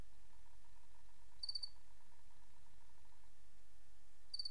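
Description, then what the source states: Cricket with two pulsed chirps about three seconds apart, faint tonal hum and continuous hiss throughout. 28 August 2007; white-noise crickets.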